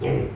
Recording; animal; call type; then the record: contact call of a hoofed animal; pig; closed-mouth grunt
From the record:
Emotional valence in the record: negative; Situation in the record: short social isolation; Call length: 0.36 s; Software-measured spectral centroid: 1330 Hz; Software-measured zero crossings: 800 a second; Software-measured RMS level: -24 dBFS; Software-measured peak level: -12 dBFS